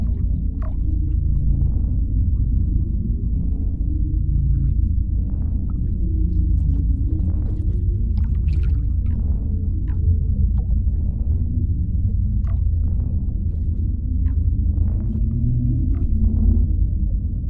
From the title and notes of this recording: Spaceship ambience. (room tone, engine hum, interface).